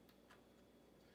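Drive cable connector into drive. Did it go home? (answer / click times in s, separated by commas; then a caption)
no / none. A drive-specific cable connector is handled as it is pushed onto a drive during an HP slim computer upgrade, giving faint light ticks near 0.1 s and 0.3 s over a steady low hum. The clip ends before the connector goes home, and nothing has seated or clicked yet.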